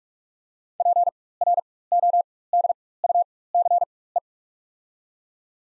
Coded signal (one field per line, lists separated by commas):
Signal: Morse code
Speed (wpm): 42 wpm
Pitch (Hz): 700 Hz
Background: none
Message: PRODUCE